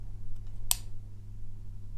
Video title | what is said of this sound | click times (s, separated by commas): Installing & Removing Scalpel Blade - Safe and Easy | so take a pillar grab top part of the scalpel blade and then push it towards yourself until you hear the click | 0.7 s